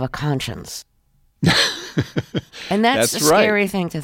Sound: laughter

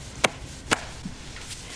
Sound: soundbite of hand slapping back

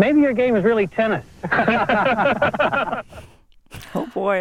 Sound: laughter

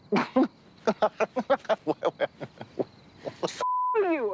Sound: soundbite of laughter

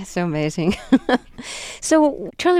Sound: laughter

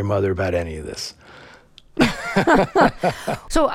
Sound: laughter

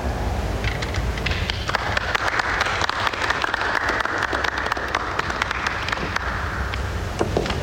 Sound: soundbite of applause

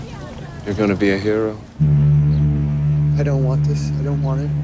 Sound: soundbite of foghorn blaring

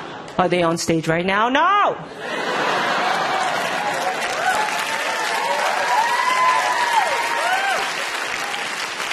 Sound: applause

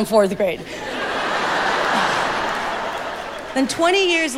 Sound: laughter

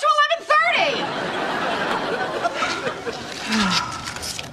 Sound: laughter

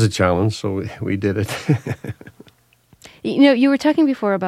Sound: laughs

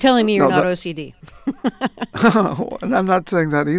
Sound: laughter

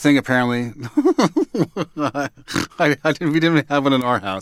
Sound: laughter

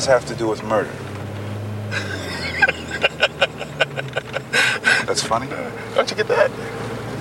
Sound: laughs

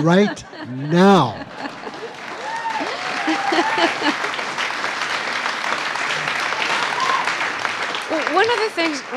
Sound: applause

